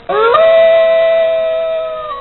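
Wolf howl, a single long steady tone that rises sharply at the start, holds level for about two seconds, then dips at the end.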